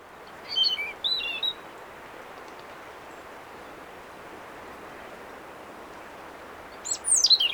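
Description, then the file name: European robin short high twittering phrases: two quick sweeping bursts early on, a long quiet gap, then a sharp high descending warble at the end, with constant background hiss. "Erithacus rubecula"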